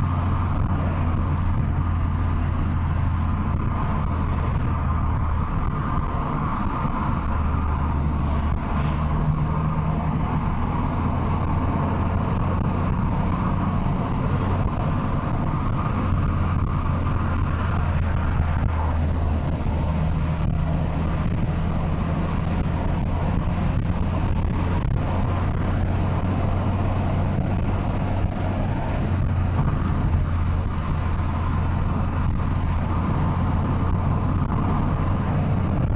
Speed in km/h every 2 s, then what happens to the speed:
98, 92, 89, 83, 87, 90, 94, 100, 96, 92, 93, 98, 99, 91, 94, 95, 98, 103.
0-3 slows to 89. 3-8 steady at about 87. 8-14 speeds up to 100. 14-18 slows to 92. 18-23 speeds up to 99. 28-36 speeds up to 103.